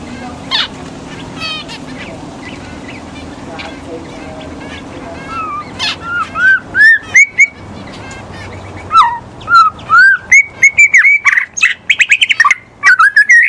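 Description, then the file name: White-rumped shama song building from quiet scattered notes into loud repeated rising whistles and rapid trills, varied phrases crowding the second half. In the forest. "murai batu di hutan"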